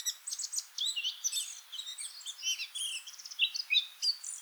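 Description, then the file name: Eurasian blackcap song: busy, rapid warbling of chattery and slurred whistled notes with a steady background hiss. "Sylvia atricapilla"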